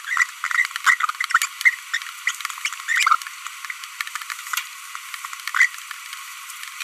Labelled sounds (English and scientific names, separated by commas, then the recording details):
Green-rumped Parrotlet (Forpus passerinus) babbling
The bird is a female
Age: 25 days
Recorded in a nest box in Venezuela
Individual 17B42B1